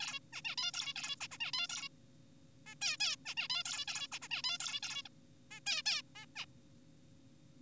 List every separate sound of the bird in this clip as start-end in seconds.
0.00-0.19, 0.33-0.42, 0.45-0.55, 0.58-0.71, 0.74-0.94, 0.96-1.16, 1.21-1.27, 1.31-1.38, 1.41-1.51, 1.53-1.67, 1.69-1.89, 2.67-2.75, 2.81-2.97, 3.00-3.16, 3.26-3.35, 3.37-3.48, 3.50-3.63, 3.65-3.85, 3.88-4.07, 4.12-4.19, 4.22-4.28, 4.31-4.42, 4.44-4.58, 4.60-4.80, 4.83-5.03, 5.05-5.09, 5.51-5.60, 5.67-5.83, 5.86-6.02, 6.15-6.26, 6.36-6.45